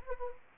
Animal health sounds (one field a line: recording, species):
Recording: mosquito wingbeat signal from an infrared sensor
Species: Anopheles gambiae